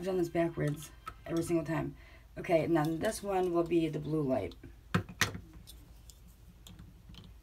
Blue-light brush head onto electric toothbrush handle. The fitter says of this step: just snaps right in place and